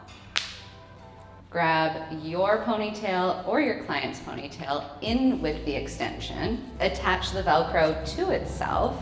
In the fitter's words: snap the clip into that elastic base you can hear it pop